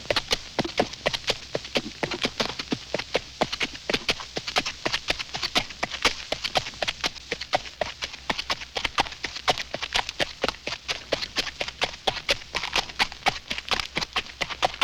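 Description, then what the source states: Horse walking, rhythmic hoof falls amid continuous rustling and crackling of brush. Horse walking through brush.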